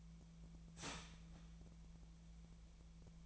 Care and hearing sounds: daily activity, microphone in the room; start toaster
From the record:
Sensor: 1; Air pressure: 1009.3 hPa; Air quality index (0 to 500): 196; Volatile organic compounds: 20 ppm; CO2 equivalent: 2674 ppm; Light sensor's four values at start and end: 24/61/25/30 and 27/70/29/34

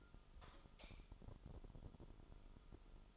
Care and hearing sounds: daily activity, microphone in the room; light off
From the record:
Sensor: 5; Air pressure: 988.5 hPa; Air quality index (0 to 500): 213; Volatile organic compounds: 106 ppm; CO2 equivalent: 3794 ppm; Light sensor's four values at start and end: 46/139/54/58 and 45/133/52/56

